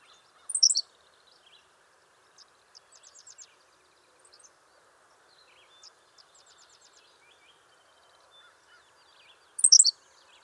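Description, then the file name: Henslow's sparrow song: short, high, hiccup-like two-part notes given twice about nine seconds apart, with thin trills and chips between them. "Ammodramus henslowii - Henslow's Sparrow"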